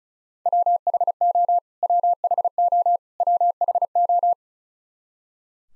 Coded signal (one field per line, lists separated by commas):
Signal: Morse code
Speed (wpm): 34 wpm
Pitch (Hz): 700 Hz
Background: none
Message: WHO WHO WHO